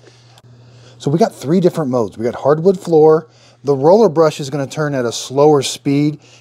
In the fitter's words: and tilt it till it snaps into place